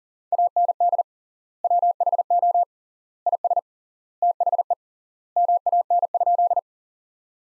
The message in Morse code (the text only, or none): AND WHO IS THE MAN?